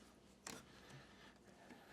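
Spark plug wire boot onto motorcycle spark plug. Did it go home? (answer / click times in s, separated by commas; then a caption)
yes / 0.5 s. A rubber spark plug wire boot, smeared inside with dielectric grease to keep a wet boot from sending the spark across to ground, is pushed down onto the spark plug terminal of an M8 Softail Lowrider ST motorcycle. A single sharp click at 0.5 s rises over a low, steady background. The boot seats on the plug.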